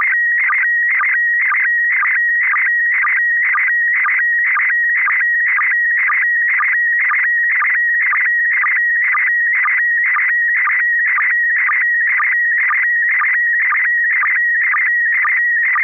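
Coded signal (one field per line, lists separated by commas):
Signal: SSTV (slow-scan television)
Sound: warbling tone around 1.9 kHz with rhythmic chirps and short low sync blips, twice per second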